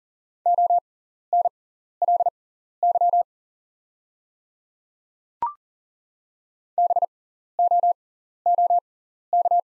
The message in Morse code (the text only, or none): ONLY BOOK